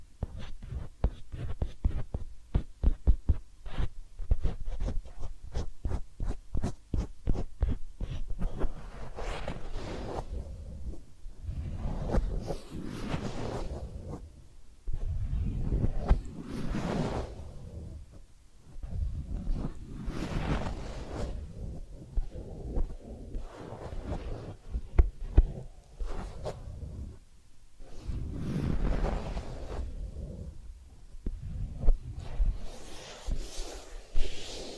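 Massage and ear cleaning sounds: for the first nine seconds a fast, regular run of soft taps and clicks. After that come dense, rustling rubbing strokes in long swells, each lasting several seconds, separated by brief quiet gaps.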